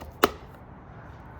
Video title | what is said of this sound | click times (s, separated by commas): Starlink Mini Locking Metal Mount - Install and Removal | the mount by pressing forward until it clicks. Now that is installed, but it is not locked. | 0.2 s